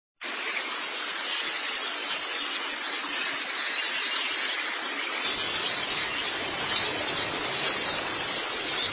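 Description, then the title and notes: White-eye song starting after a brief silence, then a busy flow of thin, very high chirps and quick trills that grows slightly louder toward the end. "Kicauan Burung Pleci Durasi Panjang. Suara kicauan burung pleci"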